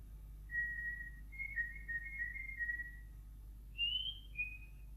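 Nightingale song: clear, pure whistled notes, a long steady phrase, then a warbling run, then two brief higher notes after a pause, moderately loud over a steady low hum.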